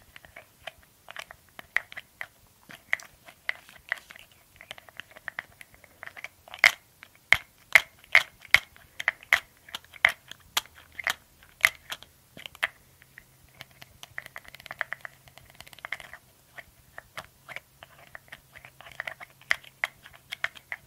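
A glass dropper bottle and lid clink and click in irregular bursts, busiest in the middle, with a faint low hum partway through.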